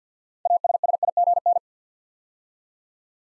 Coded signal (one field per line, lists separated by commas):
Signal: Morse code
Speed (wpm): 50 wpm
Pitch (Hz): 700 Hz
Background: none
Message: ASSIGN